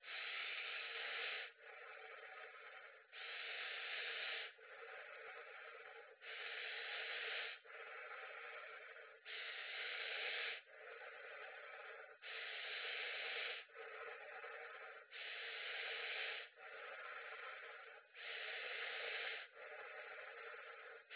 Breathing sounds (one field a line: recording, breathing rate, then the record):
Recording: paced breathing near a phone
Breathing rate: 20 breaths a minute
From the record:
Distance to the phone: 20 cm